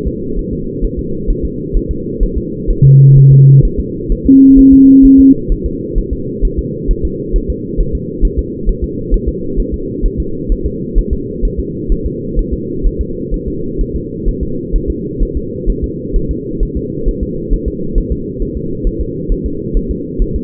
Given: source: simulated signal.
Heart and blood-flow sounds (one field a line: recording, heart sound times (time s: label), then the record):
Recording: fetal heart sounds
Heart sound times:
0.08 s: S2
0.39 s: S1
0.53 s: S2
0.84 s: S1
0.99 s: S2
1.30 s: S1
1.45 s: S2
1.77 s: S1
1.91 s: S2
2.23 s: S1
2.38 s: S2
2.70 s: S1
2.85 s: S2
3.18 s: S1
3.32 s: S2
3.65 s: S1
3.80 s: S2
4.12 s: S1
4.27 s: S2
4.59 s: S1
4.73 s: S2
5.05 s: S1
5.20 s: S2
5.52 s: S1
5.66 s: S2
5.98 s: S1
6.13 s: S2
6.45 s: S1
6.59 s: S2
6.91 s: S1
7.05 s: S2
7.36 s: S1
7.50 s: S2
7.80 s: S1
7.95 s: S2
8.25 s: S1
8.39 s: S2
8.69 s: S1
8.84 s: S2
9.14 s: S1
9.28 s: S2
9.60 s: S1
9.74 s: S2
10.06 s: S1
10.20 s: S2
10.52 s: S1
10.66 s: S2
10.98 s: S1
11.13 s: S2
11.45 s: S1
11.59 s: S2
11.92 s: S1
12.06 s: S2
12.39 s: S1
12.53 s: S2
12.86 s: S1
13.01 s: S2
13.34 s: S1
13.48 s: S2
13.81 s: S1
13.96 s: S2
14.28 s: S1
14.43 s: S2
14.75 s: S1
14.90 s: S2
15.23 s: S1
15.37 s: S2
15.70 s: S1
15.84 s: S2
16.16 s: S1
16.31 s: S2
16.63 s: S1
16.77 s: S2
17.08 s: S1
17.23 s: S2
17.53 s: S1
17.68 s: S2
17.98 s: S1
18.12 s: S2
18.42 s: S1
18.57 s: S2
18.87 s: S1
19.01 s: S2
19.32 s: S1
19.46 s: S2
19.77 s: S1
19.91 s: S2
20.22 s: S1
20.36 s: S2
From the record:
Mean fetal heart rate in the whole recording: 130 bpm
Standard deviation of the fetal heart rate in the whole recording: 4 bpm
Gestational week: 38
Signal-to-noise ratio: -6.6 dB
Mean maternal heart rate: 72 bpm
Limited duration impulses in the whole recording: present